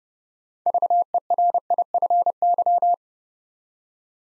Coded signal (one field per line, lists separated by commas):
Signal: Morse code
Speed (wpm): 29 wpm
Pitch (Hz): 700 Hz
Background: none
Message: VERIFY